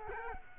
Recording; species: mosquito wingbeat signal from an infrared sensor; Culex quinquefasciatus